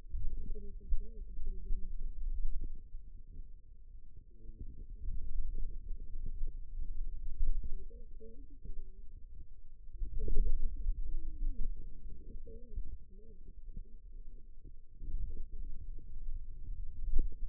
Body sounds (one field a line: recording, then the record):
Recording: forearm muscle sounds (acoustic myography)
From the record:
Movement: finger pinch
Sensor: system 2, bracelet of six BSWA MPA416 microphones around the upper forearm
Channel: 3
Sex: female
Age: 21 years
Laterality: right